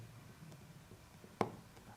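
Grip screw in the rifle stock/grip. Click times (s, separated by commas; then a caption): 1.4 s. A grip screw is unscrewed from the stock/grip of an SSR9 airsoft sniper rifle during disassembly, with faint low rustling in the background. A single sharp click sounds at 1.4 s as the screw comes free of its thread, leaving it released.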